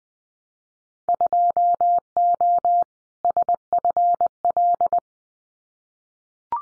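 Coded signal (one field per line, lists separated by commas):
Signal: Morse code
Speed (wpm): 20 wpm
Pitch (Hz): 700 Hz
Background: none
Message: 2O SFL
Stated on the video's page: Simulated Winter Field Day exchanges in Morse at 20 wpm for head-copy practice, each sent, spoken, then sent again.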